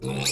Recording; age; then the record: pig call; weaner (32 to 43 days)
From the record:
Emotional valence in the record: negative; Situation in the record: short isolation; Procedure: open field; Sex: female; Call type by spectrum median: high-frequency call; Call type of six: mixed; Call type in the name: high-frequency modulated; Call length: 0.31 s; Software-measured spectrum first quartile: 560 Hz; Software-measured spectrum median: 2696 Hz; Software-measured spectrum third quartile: 5777 Hz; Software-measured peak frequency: 461 Hz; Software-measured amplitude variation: 96 dB a second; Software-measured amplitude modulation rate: 20.9 a second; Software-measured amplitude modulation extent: 4.6 dB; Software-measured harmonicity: 3.2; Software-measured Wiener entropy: -3.31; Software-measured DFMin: 1156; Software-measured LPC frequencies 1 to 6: 2478, 3798, 4383, 5319, 7073, 7866 Hz